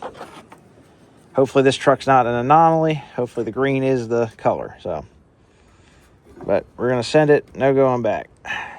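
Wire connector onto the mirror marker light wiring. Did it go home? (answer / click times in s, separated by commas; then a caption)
no / none. A wire connector is handled onto the marker-light wiring for a tow mirror on a 1994–2002 Dodge Ram, with the green wire picked out as the likely one. Someone talks throughout, and there is a faint short tick near 0.5 s. Nothing has seated or clicked yet.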